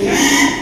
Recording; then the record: squeal of a Yucatan mini pig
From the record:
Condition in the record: after surgery on the right vocal fold (resection and tissue-engineered implant); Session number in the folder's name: 3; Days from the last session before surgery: 33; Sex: male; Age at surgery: 12 weeks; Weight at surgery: 13 kg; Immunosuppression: cyclosporine, prednisolone